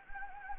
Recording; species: mosquito wingbeat signal from an infrared sensor; Anopheles gambiae